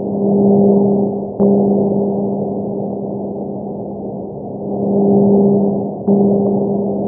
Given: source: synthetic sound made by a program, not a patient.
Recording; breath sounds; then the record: synthetic breath sounds; crackles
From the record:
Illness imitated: pneumonia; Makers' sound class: crackles